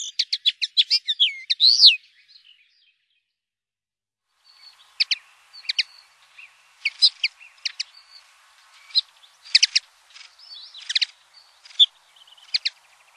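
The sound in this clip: Common linnet song: rapid twittering bursts of high, sharp notes and short trills, a quick run at the start, then a pause and renewed scattered chirps.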